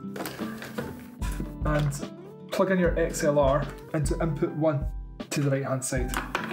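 An XLR cable from a shotgun microphone is handled near input one on the right-hand side of a Sony HDR-V1E camcorder while someone talks over background music. Brief handling knocks are heard near the start and at 6.6 s, but nothing has seated or clicked yet.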